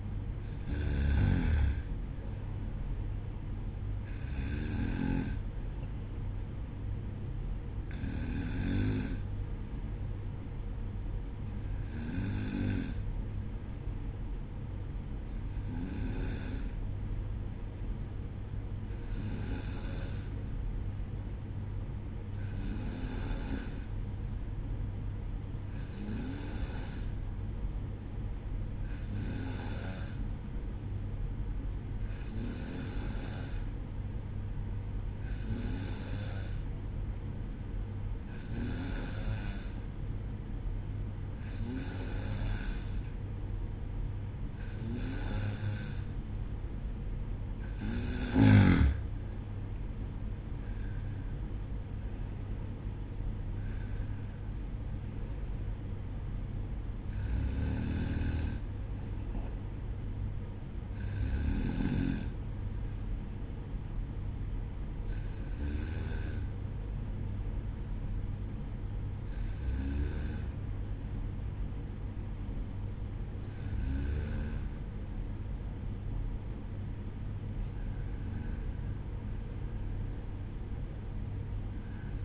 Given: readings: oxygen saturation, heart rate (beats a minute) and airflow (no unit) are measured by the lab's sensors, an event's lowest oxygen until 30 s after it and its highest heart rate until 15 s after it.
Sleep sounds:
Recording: breathing in sleep by a smartphone at the bedside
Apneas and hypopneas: 1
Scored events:
2.00-62.00 s: new sleep stage, N2 (light sleep)
18.00-45.10 s: hypopnea (N2, oxygen 95% highest, then 92% lowest, heart rate 58 at the start, 61 highest)
62.00-82.25 s: new sleep stage, N1 (lightest sleep)
From the record:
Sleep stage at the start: N1 (lightest sleep)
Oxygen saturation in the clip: 92 to 95%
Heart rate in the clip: 57 to 62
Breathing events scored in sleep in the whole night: 305 in 9.6 hours asleep

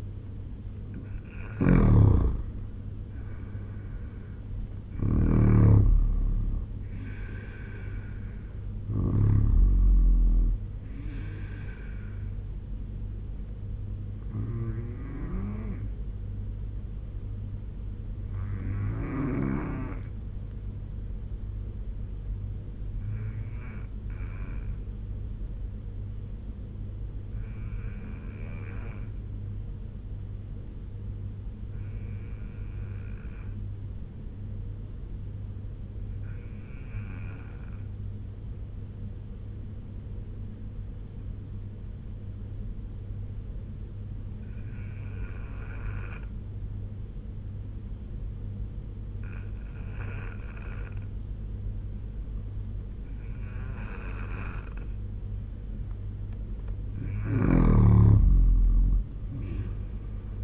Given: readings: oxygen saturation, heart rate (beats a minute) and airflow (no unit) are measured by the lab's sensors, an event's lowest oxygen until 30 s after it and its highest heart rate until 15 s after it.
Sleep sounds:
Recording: breathing in sleep by a smartphone at the bedside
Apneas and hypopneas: 1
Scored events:
24.00-54.00 s: new sleep stage, N3 (deep sleep)
28.00-54.50 s: obstructive apnea (N3, oxygen 95% highest, then 85% lowest, heart rate 74 at the start, 78 highest)
54.00-60.44 s: new sleep stage, N2 (light sleep)
From the record:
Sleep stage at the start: N2 (light sleep)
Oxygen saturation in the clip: 84 to 95%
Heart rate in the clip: 66 to 83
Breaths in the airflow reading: 7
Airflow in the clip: -7.8 to 9.6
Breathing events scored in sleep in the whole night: 201 in 6.5 hours asleep

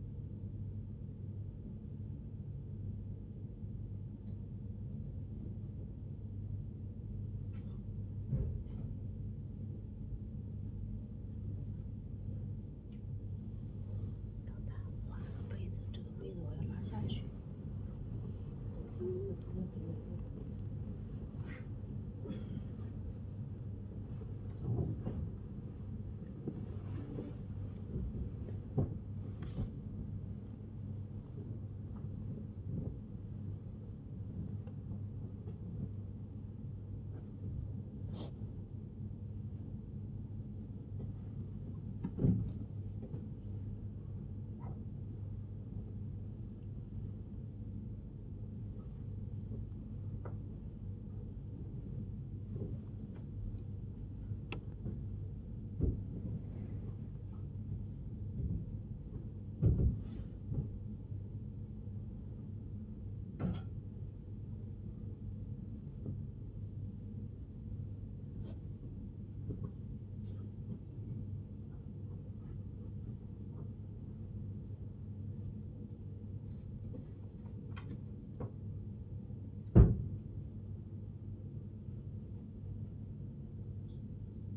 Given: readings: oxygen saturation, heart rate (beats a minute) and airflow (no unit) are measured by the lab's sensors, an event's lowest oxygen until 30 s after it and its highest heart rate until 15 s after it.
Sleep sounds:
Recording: breathing in sleep by a smartphone at the bedside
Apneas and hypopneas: 1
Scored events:
23.00-38.60 s: hypopnea (N2, oxygen 99% highest, then 95% lowest, heart rate 85 at the start, 85 highest)
24.00-84.57 s: new sleep stage, N1 (lightest sleep)
From the record:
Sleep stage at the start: N2 (light sleep)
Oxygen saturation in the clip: 94 to 99%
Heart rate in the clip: 51 to 85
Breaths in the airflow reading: 26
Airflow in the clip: -11.1 to 15.1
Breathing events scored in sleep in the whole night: 103 in 8.4 hours asleep

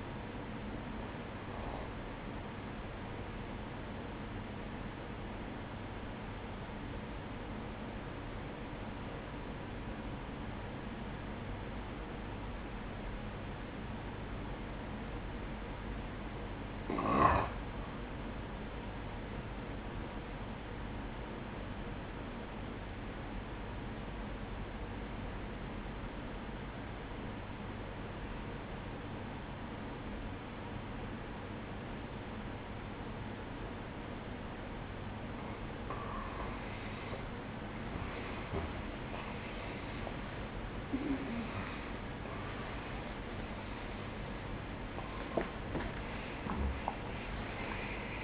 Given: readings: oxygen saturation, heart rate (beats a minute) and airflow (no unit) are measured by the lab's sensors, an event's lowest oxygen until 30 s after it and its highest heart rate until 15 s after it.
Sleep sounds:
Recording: breathing in sleep by a voice recorder at the bedside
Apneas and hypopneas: 1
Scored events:
6.00-38.50 s: obstructive apnea (N1, oxygen 98% highest, then 90% lowest, heart rate 59 at the start, 74 highest)
25.00-48.23 s: new sleep stage, awake
31.00-48.23 s: awake
From the record:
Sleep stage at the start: N1 (lightest sleep)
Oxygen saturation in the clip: 93 to 98%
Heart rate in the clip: 54 to 72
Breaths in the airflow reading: 5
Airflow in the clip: -17.6 to 16.6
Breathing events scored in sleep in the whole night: 180 in 6.7 hours asleep

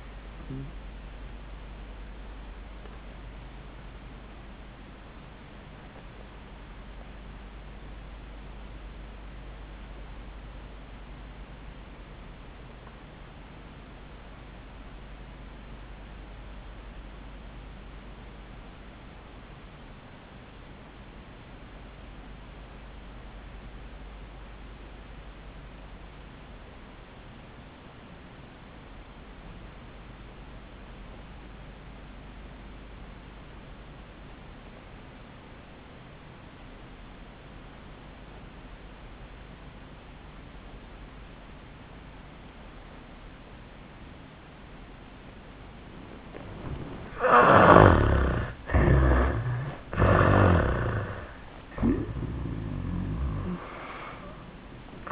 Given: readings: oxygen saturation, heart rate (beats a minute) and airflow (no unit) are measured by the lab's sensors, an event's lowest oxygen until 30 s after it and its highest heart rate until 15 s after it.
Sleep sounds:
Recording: breathing in sleep by a voice recorder at the bedside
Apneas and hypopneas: 1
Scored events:
4.00-47.90 s: obstructive apnea (REM, oxygen 97% highest, then 64% lowest, heart rate 91 at the start, 96 highest)
From the record:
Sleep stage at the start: REM sleep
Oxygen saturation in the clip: 68 to 97%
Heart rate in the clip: 63 to 95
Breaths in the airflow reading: 3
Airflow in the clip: -27.3 to 14.9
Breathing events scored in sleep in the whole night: 400 in 8.7 hours asleep

